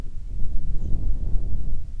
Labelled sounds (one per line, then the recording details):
songbird
wind
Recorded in the Prudhoe Bay oil fields, Alaska, on 10 July 2019 at 09:21
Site 11